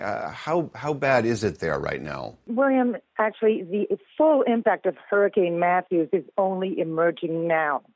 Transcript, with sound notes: How bad is it there right now?
(via telephone) William, the full impact of Hurricane Matthew is only emerging now.